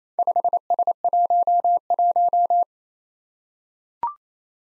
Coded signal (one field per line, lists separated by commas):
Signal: Morse code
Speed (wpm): 29 wpm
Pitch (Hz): 700 Hz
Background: none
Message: 5S11